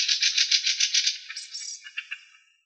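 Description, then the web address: Fieldfare giving a harsh, dry chattering rattle, rapid grating notes that slow and break into scattered squeaky chacks at the end. "Turdus pilaris"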